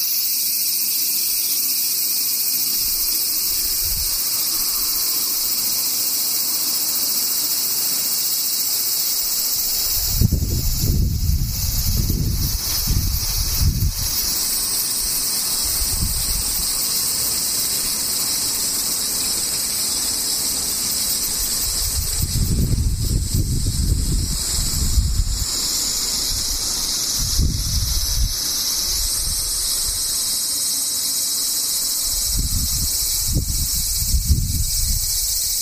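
Cicadas drone without pause for the whole recording, a dense, bright, shrill buzz that never lets up. Low rumbling bursts break in underneath around 10–14 seconds, 22–28 seconds and again near the end, like gusts or handling noise.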